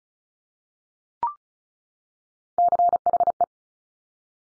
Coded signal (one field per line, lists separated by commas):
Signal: Morse code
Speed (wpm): 36 wpm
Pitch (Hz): 700 Hz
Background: none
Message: CHE